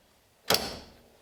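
A press handle is brought down so the spring-loaded pin of a decapping die knocks the spent primer out of a brass cartridge case. A single sharp click and pop sounds at 0.5 s, then fades over a short ring-out with no talk. The primer is released from the case.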